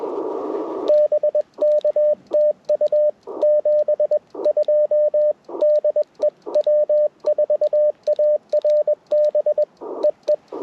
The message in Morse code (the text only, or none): BK TU 72 DE W4ARB EE